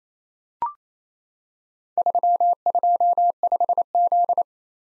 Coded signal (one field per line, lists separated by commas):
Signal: Morse code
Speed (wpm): 27 wpm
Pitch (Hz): 700 Hz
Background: none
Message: 325Z